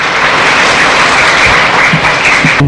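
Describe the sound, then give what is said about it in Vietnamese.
Steady, dense applause from a crowd of Buddhist followers as youth members present offerings to a senior monk, a loud continuous wash of clapping that holds level for a few seconds before cutting off abruptly at the end. “Em cùng quý Phật tử cho một tràng pháo tay.”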